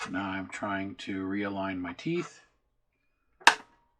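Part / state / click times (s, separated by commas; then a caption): gearbox drive gear into the Ferris wheel gear teeth / seated / 3.5 s. Someone talks while rotating the plastic gearbox on a Mr. Christmas World's Fair decorative Ferris wheel, working to realign its large drive gear with the wheel's gear teeth after a screw that wasn't in far enough popped back out. After a pause, a single sharp click at 3.5 s is heard as the gearbox gear drops into mesh with the Ferris wheel teeth and seats.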